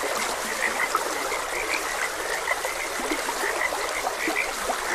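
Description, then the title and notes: Frogs croak in a constant dense chorus, brief notes tumbling over each other, with trickling water in the background. Frogs croaking beside a gentle stream. "Gentle Stream and Frogs Croaking. Sleep and Relaxation Podcast"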